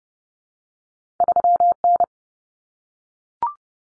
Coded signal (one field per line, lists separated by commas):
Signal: Morse code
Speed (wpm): 30 wpm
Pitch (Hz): 700 Hz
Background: none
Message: 3N